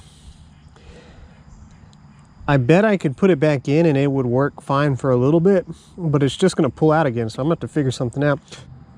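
A fuel petcock that pulled out of its groove on a motorized bike's gas tank is handled by hand before being pushed back on, and nothing has seated or clicked yet. Two faint ticks are heard at 0.8 and 1.9 seconds under low background noise, then someone talks from about 2.4 seconds to the end.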